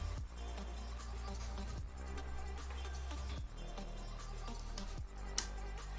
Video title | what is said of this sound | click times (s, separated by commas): Working on React Native Colo Loco & Ignite - React Native Live with Jamon | such a satisfying click when you put magsafe in there | 5.4 s